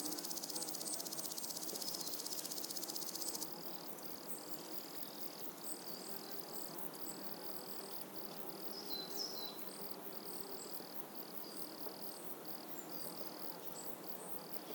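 Insects buzz and trill steadily in a warm summer morning, a loud dense hiss easing after three seconds, with faint birds chirping behind.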